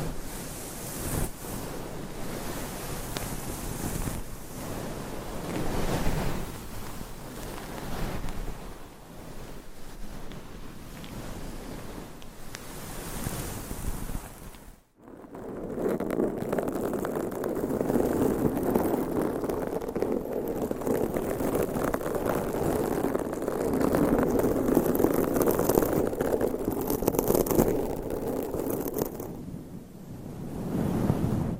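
Scratching and rubbing on a microphone cover, a dense rushing texture that sounds much like surf or wind. The first half is bright and hissy. After a brief drop near fifteen seconds, it turns deeper and fuller, with steady scraping strokes.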